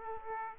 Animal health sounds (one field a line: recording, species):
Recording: mosquito wingbeat signal from an infrared sensor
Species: Aedes aegypti